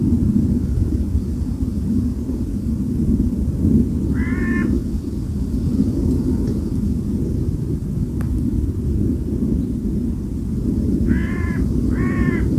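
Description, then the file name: Bird giving one harsh caw, then after a long gap a pair of caws, all over a loud, steady wind rush. Recorded with wind. "Wind und Voegel"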